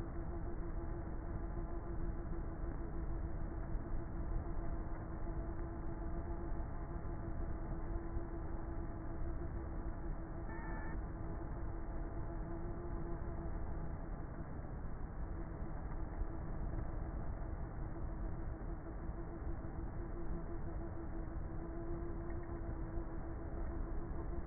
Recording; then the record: honeybee colony, microphone inside the hive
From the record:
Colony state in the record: queenless with a low population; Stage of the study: before two queens were removed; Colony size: about 30,000 bees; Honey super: no